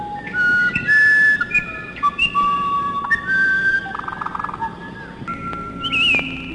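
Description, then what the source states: Musician wren song: a series of clear, pure whistled notes that step between different pitches, with a few short buzzy bursts mixed in. Brazil.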